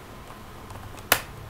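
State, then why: Released. A captive cover screw in the bottom access panel of a Toshiba Satellite P500 laptop is loosened until it comes free of its thread. A single sharp click sounds at 1.1 seconds over quiet background noise, and the screw is released.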